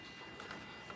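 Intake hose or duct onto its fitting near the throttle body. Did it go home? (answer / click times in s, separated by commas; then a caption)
no / none. On a 2011 Volvo XC70 3.2L during a throttle body replacement, a rubber/plastic intake hose or duct is being twisted and pushed back onto its fitting near the new throttle body. A steady low background hiss is broken by soft handling sounds, with the sharpest bump at 0.4 s and lighter ones around 0.5 s and 0.9 s. Nothing has snapped or seated yet.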